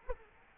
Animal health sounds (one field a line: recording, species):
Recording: mosquito wingbeat signal from an infrared sensor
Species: Culex quinquefasciatus